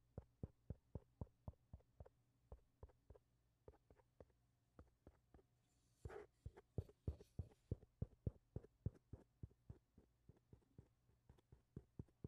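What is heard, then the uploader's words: Repeated taps and knocks against a microphone, sharp thumps landing every third to half second in a fairly steady rhythm. Around six seconds a brief rustling, scratchy burst rises over the taps for about a second and a half. A faint low hum runs underneath throughout. Mic touching.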